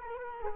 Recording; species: mosquito wingbeat signal from an infrared sensor; Culex quinquefasciatus